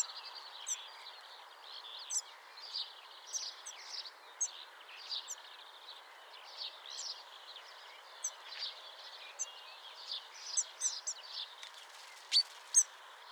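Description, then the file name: Common chaffinch: short bright notes repeated rapidly and unevenly, with thin high ticks above them, over a soft steady background hiss. "Fringilla coelebs"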